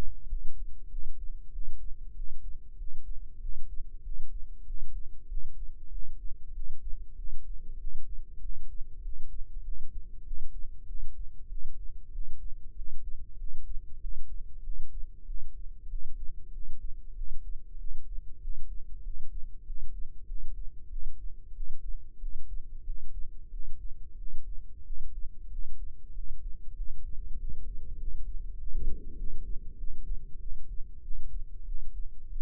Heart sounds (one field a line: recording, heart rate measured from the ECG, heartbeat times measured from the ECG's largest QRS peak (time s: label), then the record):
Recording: heart sounds by microphone in the left ear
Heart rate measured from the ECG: 96 bpm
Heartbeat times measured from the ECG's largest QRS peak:
0.27 s: heartbeat
0.88 s: heartbeat
1.50 s: heartbeat
2.13 s: heartbeat
2.76 s: heartbeat
3.39 s: heartbeat
4.01 s: heartbeat
4.64 s: heartbeat
5.27 s: heartbeat
5.89 s: heartbeat
6.52 s: heartbeat
7.14 s: heartbeat
7.77 s: heartbeat
8.39 s: heartbeat
9.01 s: heartbeat
9.62 s: heartbeat
10.23 s: heartbeat
10.85 s: heartbeat
11.47 s: heartbeat
12.10 s: heartbeat
12.73 s: heartbeat
13.36 s: heartbeat
13.98 s: heartbeat
14.61 s: heartbeat
15.24 s: heartbeat
15.87 s: heartbeat
16.50 s: heartbeat
17.13 s: heartbeat
17.76 s: heartbeat
18.39 s: heartbeat
19.01 s: heartbeat
19.63 s: heartbeat
20.25 s: heartbeat
20.88 s: heartbeat
21.52 s: heartbeat
22.18 s: heartbeat
22.83 s: heartbeat
23.49 s: heartbeat
24.16 s: heartbeat
24.82 s: heartbeat
25.48 s: heartbeat
26.12 s: heartbeat
26.74 s: heartbeat
27.36 s: heartbeat
27.96 s: heartbeat
28.56 s: heartbeat
29.15 s: heartbeat
29.75 s: heartbeat
30.37 s: heartbeat
31.00 s: heartbeat
31.64 s: heartbeat
32.27 s: heartbeat
From the record:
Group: healthy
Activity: rest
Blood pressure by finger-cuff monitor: 91/62 mmHg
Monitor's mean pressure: 72 mmHg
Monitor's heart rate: 96 bpm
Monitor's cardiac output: 7.7 L/min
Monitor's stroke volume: 80 mL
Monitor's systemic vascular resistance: 670 dyn s/cm5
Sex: male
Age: 19 years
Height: 178 cm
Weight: 83 kg